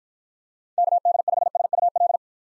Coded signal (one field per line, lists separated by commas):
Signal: Morse code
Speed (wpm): 53 wpm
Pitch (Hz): 700 Hz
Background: none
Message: KD5SUL